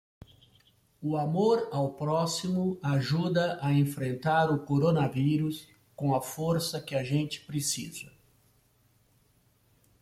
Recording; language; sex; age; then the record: spoken sentence; Brazilian Portuguese; male; 60 to 69 years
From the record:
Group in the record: control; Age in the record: 67 years